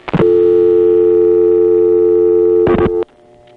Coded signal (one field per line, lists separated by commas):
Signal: telephone call progress tone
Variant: North America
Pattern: dial tone